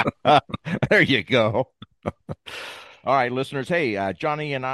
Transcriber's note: laughs